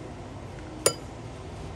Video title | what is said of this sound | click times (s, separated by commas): Chainsaw tip: Greasing the clutch drum bearing with Gordy #shorts | I just keep turning it until you hear it Go clink | 0.9 s